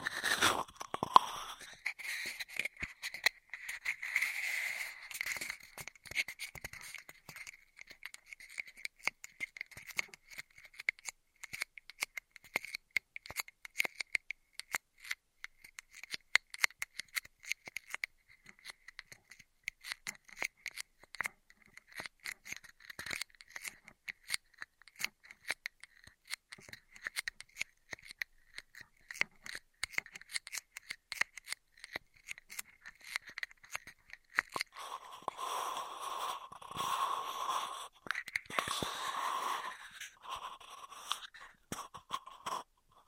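Straw triggers crackle in dense, fast clicks over a steady squeaky tone, with louder crinkly rustling near the start and around 35–40 seconds.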